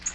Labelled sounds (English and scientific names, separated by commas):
Nashville Warbler (Leiothlypis ruficapilla) flight call